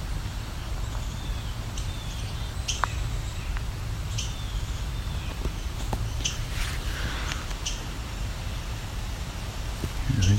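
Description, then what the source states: Indigo bunting snapping calls, sharp chips repeated irregularly several times over a low background rumble. Indigo buntings, more than one, giving snapping calls directed at the recordist.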